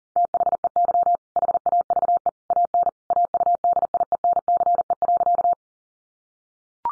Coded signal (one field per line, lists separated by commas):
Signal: Morse code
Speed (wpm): 37 wpm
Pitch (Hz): 700 Hz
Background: none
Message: THEY HAVE AN AUDIENCE.